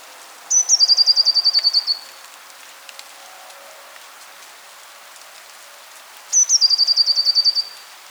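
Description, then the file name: Eurasian blue tit repeating its phrase twice, roughly six seconds apart: a piercing high note, then a brisk descending trill of around twelve notes, with light background hiss. "Cyanistes caeruleus"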